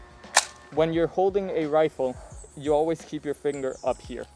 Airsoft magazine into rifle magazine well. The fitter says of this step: And from that point, you can just stick it in the mag well until it clicks.